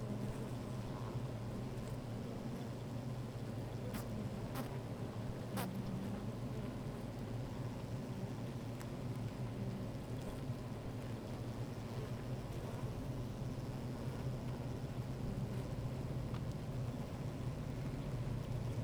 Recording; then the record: honeybee colony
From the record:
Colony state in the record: active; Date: 28 July 2017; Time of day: 13:46